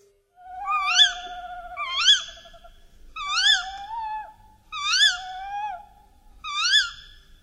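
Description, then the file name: Tawny owl calling in a series of five wavering, nasal notes, each rising then falling, with longer quavering lower notes beneath some of them. "PUSZCZYK"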